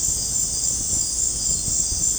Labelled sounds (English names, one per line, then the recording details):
none
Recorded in dense forest near Puerto Asís, Putumayo, Colombia, on 20 December 2024 at 20:00
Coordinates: 0.481, -76.323
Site G100